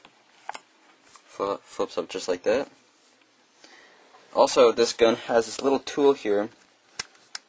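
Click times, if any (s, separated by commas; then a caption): 7.0 s, 7.3 s. A small hex key tool stored on a WE SCAR-L airsoft rifle is pressed back into its holder slot on the rifle while someone talks. Sharp clicks are heard at 7.0 s and 7.4 s as the tool locks into place.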